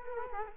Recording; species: mosquito wingbeat signal from an infrared sensor; Culex quinquefasciatus